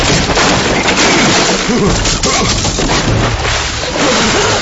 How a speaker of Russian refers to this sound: Ой, что это, капитан? Мы сели на мель. Держись крепче. Ага. Шхуна заваливается на правый борт. Ну-ка, дай посмотрю. Похоже, мы напоролись на какую-то скалу.